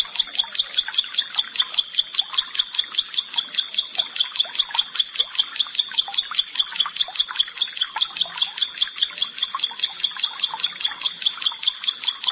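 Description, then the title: Bar-winged prinia singing a steady, fast series of bright, doubled high notes, evenly repeated about two or three times a second throughout. "Ciblek Sawah"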